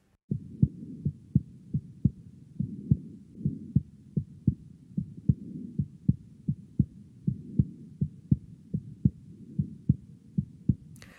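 Adult heart heard by stethoscope, with a third heart sound (S3), which can be normal in some circumstances.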